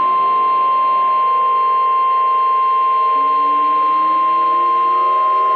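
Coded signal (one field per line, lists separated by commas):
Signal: Emergency Alert System (SAME) tones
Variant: 1050 Hz attention tone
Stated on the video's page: Fictional EAS scenario alert made with generative AI voices, not a real activation.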